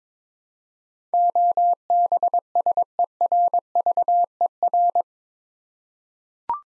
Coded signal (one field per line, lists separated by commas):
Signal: Morse code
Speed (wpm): 22 wpm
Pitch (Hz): 700 Hz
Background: none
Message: OBSERVER